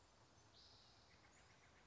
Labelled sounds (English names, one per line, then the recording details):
Spotted Towhee
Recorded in Sonoma County, California